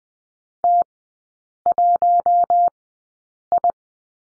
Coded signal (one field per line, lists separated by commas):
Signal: Morse code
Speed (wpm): 20 wpm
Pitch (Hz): 700 Hz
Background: none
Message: T1I